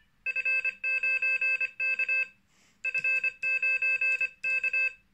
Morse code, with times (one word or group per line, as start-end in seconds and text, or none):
0.3-2.2 F9K
2.9-4.9 F9K